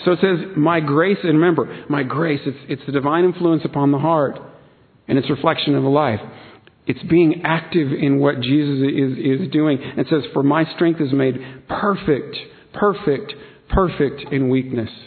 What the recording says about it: I stuttered three times. I don't want to be healed of stuttering.